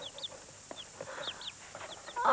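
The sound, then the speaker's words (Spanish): Several chickens cluck and chirp in short, high, scattered calls, with a louder burst of clucking at the end. No one speaks. “Son mis pollos. Mira.”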